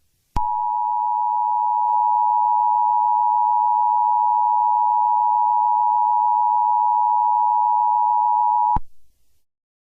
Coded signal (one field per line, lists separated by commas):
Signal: Emergency Alert System (SAME) tones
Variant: 853 and 960 Hz attention tone